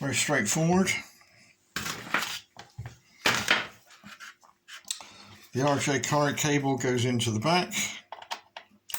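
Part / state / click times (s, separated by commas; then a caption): RJ modular cable plug into control box socket / seated / 8.6 s. Someone talks while an RJ-type modular cable plug is pushed into the socket on the back of the control box for a Peco N gauge turntable, which has a small release catch for undoing it. Speech fills most of the clip, with a few short knocks in between. The plug clicks and seats at 8.6 s.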